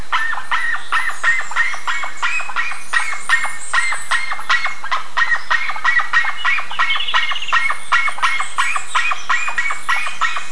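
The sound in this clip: Birds give rapid repeated calls, several overlapping like a small flock, with occasional higher chirps scattered over the series.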